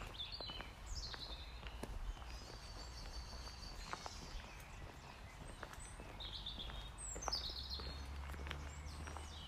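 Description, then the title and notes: Birds chirping and whistling in short high phrases, some sustained notes, with footsteps and a low outdoor rumble underneath. Woods along Gem River. "Birdsong along the woods by Gem River"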